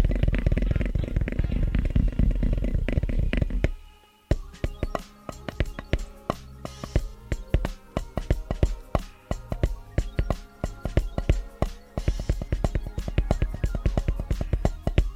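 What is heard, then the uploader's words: Quick, rhythmic tapping runs over music throughout. The first four seconds are thick and booming with a heavy low end, then the sound briefly drops out before crisp taps return in fast, steady bursts over softer sustained tones until the end. ASMR 1 Hour of Rhythmic & Fast Tapping With Music (No Talking).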